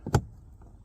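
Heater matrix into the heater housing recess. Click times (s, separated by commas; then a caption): 0.2 s. On a Seat Leon, a heater matrix is pushed into its recess in the heater housing during reassembly, with the hoses kept clear. A light knock at 0.1 s is followed by a sharp, bright pop at 0.2 s, then quiet handling noise. The matrix is seated in the recess.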